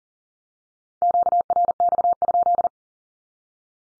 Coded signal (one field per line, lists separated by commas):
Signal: Morse code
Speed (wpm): 38 wpm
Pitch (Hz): 700 Hz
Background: none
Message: QRX?